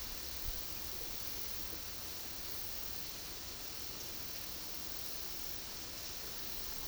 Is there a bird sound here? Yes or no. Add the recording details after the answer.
no. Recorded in secondary vegetation near Puerto Asís, Putumayo, Colombia, on 21 February 2024 at 13:30. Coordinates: 0.500, -76.326. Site G6428